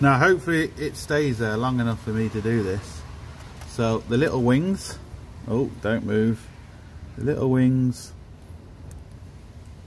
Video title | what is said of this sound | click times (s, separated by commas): Nissan/Vauxhall/Opel EGR Valve How To Re Pin A Connection Part 3 | what push it in there we go hear that nice click and now | 8.9 s